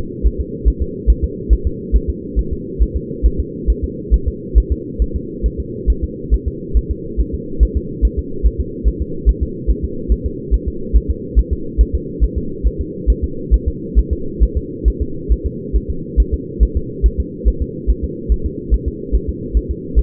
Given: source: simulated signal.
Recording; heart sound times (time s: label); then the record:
fetal heart sounds
0.27 s: S1
0.41 s: S2
0.68 s: S1
0.82 s: S2
1.10 s: S1
1.24 s: S2
1.53 s: S1
1.67 s: S2
1.96 s: S1
2.10 s: S2
2.39 s: S1
2.53 s: S2
2.82 s: S1
2.96 s: S2
3.26 s: S1
3.40 s: S2
3.70 s: S1
3.84 s: S2
4.14 s: S1
4.28 s: S2
4.58 s: S1
4.72 s: S2
5.02 s: S1
5.16 s: S2
5.46 s: S1
5.60 s: S2
5.90 s: S1
6.04 s: S2
6.34 s: S1
6.48 s: S2
6.77 s: S1
6.91 s: S2
7.20 s: S1
7.34 s: S2
7.63 s: S1
7.77 s: S2
8.05 s: S1
8.19 s: S2
8.46 s: S1
8.60 s: S2
8.88 s: S1
9.02 s: S2
9.29 s: S1
9.43 s: S2
9.70 s: S1
9.84 s: S2
10.12 s: S1
10.26 s: S2
10.54 s: S1
10.68 s: S2
10.97 s: S1
11.11 s: S2
11.39 s: S1
11.53 s: S2
11.81 s: S1
11.95 s: S2
12.24 s: S1
12.38 s: S2
12.67 s: S1
12.81 s: S2
13.10 s: S1
13.24 s: S2
13.54 s: S1
13.68 s: S2
13.99 s: S1
14.13 s: S2
14.43 s: S1
14.57 s: S2
14.88 s: S1
15.02 s: S2
15.32 s: S1
15.46 s: S2
15.76 s: S1
15.90 s: S2
16.20 s: S1
16.34 s: S2
16.63 s: S1
16.77 s: S2
17.06 s: S1
17.20 s: S2
17.48 s: S1
17.62 s: S2
17.90 s: S1
18.04 s: S2
18.32 s: S1
18.46 s: S2
18.74 s: S1
18.88 s: S2
19.15 s: S1
19.29 s: S2
19.57 s: S1
19.71 s: S2
19.99 s: S1
From the record:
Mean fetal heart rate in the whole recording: 140 bpm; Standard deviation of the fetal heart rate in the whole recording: 2 bpm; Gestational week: 34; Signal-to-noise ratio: -4.3 dB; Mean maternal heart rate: 72 bpm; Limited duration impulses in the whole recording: absent